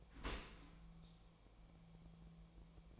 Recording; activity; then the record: daily activity, microphone in the room; open dishwasher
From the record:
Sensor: 1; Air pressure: 1000.5 hPa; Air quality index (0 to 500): 181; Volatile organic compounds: 4 ppm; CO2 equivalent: 1671 ppm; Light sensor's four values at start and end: 12/30/12/14 and 12/30/12/14